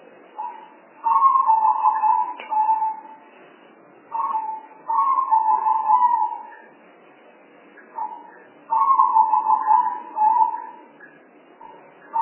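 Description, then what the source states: Spotted dove cooing in a repeated pattern: a short note and then a longer rolling phrase, coming roughly every four seconds. Spotted dove sounds used as a lure call to attract the birds.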